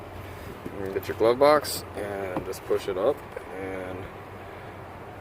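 On a 2015 Toyota RAV4, after the cabin air filter cover is refitted, the plastic glove box is being pushed up toward the dashboard opening so its stops can snap into place. Someone talks over a low, steady background hum. Nothing has seated or clicked yet when the clip ends.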